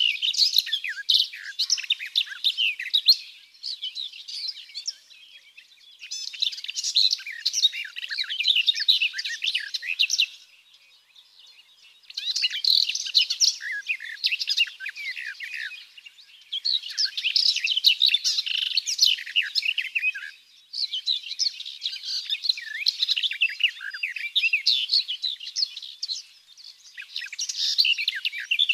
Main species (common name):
Garden Warbler